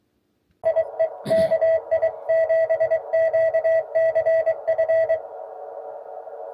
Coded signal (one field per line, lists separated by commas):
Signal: Morse code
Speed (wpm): 23 wpm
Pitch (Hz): 660 Hz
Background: radio noise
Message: IE KI7QCF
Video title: POTA hunting with the Pebble HF QRP 20m radio kit.